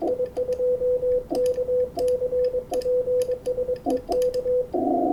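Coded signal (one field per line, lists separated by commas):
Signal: Morse code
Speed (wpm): 24 wpm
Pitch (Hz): 500 Hz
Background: radio noise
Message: I2KC PSE K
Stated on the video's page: Amateur CW contacts on 20 metres.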